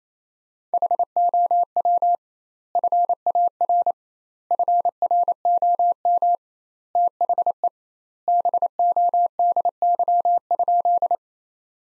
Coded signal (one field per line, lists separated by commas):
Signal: Morse code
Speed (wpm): 28 wpm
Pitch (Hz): 700 Hz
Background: none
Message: HOW FAR FROM THE BODY?